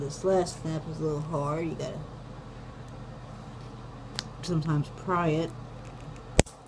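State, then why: Seated. A removable razor blade head assembly with a small spring is pushed back into the plastic handle of a YES Finishing Touch razor while someone talks. It snaps into place with a sharp click at 6.4 seconds, and the head is seated.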